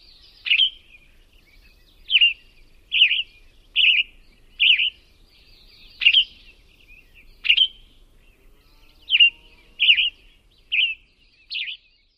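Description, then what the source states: Western Tanager dawn song: a series of short, hoarse, burry phrases delivered at a relaxed, spaced-out pace with uneven gaps between them. Dawn song, spaced out and relaxed in pace; less musical, with a harsh or hoarse quality; the song's pacing and rhythm vary.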